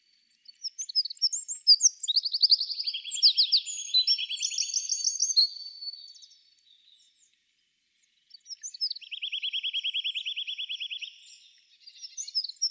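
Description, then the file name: Eurasian wren song: a long rattling phrase of fast trills and sharp high chirps, a brief silence, then another phrase opening with an even rapid trill. "Troglodytes troglodytes"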